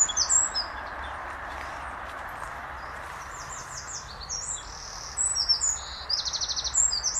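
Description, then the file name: Eurasian wren with high, fast trills and chattering notes, scattered at first then running more steadily in the last two seconds, against constant background hiss. "Troglodytes troglodytes"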